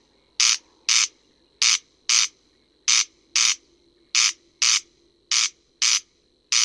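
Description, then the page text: Corn crake calling: harsh, rasping double bursts, crex-crex, repeated steadily, with a faint low hum underneath. France; playback recording for breeding-season surveys. "Râle des genêts"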